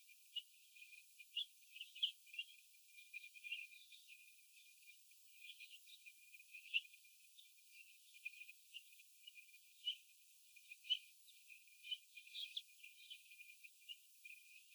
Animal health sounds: young laying hens in a cage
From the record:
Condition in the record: after the stressor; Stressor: sudden umbrella opening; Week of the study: 2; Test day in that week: 1

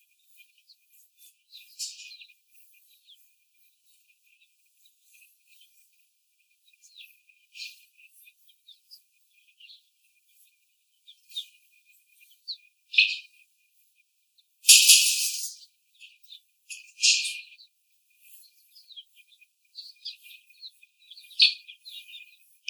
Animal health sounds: young laying hens in a cage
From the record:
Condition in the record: after the stressor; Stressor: simulated dog barking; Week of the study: 4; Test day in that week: 1

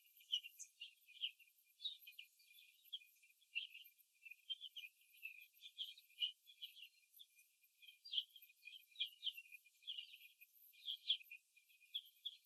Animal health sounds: young laying hens in a cage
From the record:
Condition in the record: before the stressor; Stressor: simulated dog barking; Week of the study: 2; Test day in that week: 3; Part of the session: 1

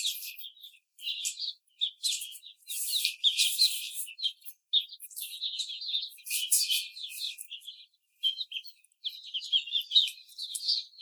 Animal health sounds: young laying hens in a cage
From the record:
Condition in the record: treatment cage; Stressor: simulated dog barking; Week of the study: 5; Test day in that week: 1

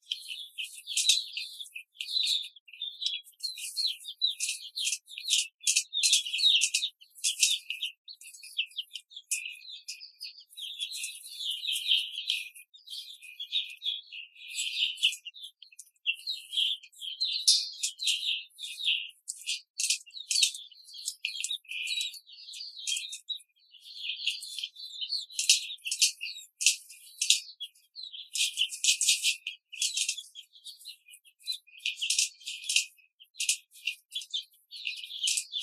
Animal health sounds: young laying hens in a cage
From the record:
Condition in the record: control cage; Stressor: none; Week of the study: 5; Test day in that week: 1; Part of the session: 1

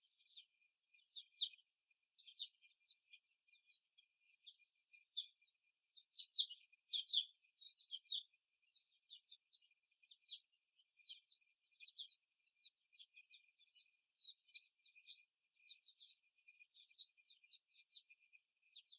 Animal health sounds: young laying hens in a cage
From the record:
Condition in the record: after the stressor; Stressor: simulated dog barking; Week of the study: 1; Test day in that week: 2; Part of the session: 1

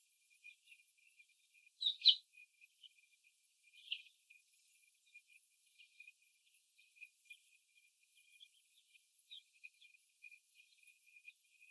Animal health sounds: young laying hens in a cage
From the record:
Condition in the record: after the stressor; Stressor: simulated dog barking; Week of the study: 1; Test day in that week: 1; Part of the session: 3

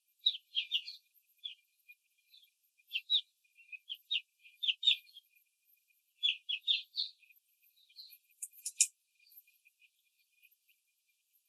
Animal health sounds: young laying hens in a cage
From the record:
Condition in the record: control cage, after the stress test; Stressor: none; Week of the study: 4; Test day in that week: 3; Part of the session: 1

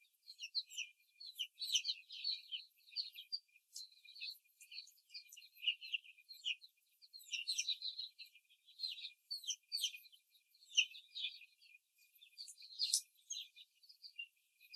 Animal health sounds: young laying hens in a cage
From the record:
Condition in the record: before the stressor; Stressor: simulated dog barking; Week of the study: 3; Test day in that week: 2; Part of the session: 1

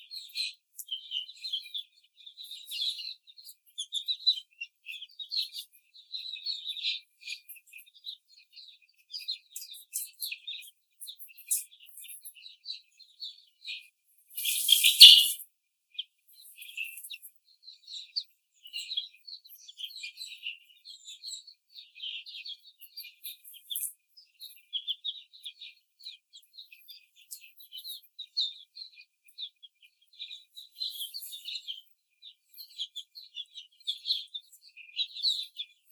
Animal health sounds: young laying hens in a cage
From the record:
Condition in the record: after the stressor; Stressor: simulated dog barking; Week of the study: 4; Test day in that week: 2

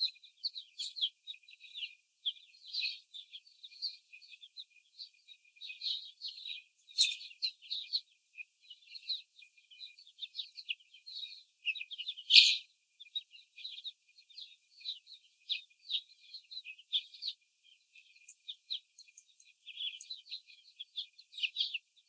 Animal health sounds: young laying hens in a cage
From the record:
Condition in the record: after the stressor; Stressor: simulated dog barking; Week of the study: 4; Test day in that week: 3

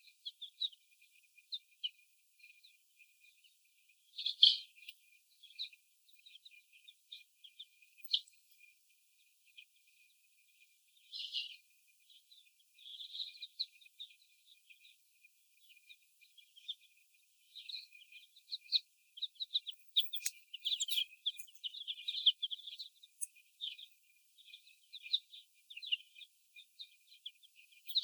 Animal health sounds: young laying hens in a cage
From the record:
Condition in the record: before the stressor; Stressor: sudden umbrella opening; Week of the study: 1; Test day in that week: 1

